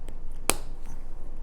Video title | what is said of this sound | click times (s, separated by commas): Skies of Fire Astra Militarum painting plus Dr Tabletop Drop Tops! | and then snaps into place | 0.5 s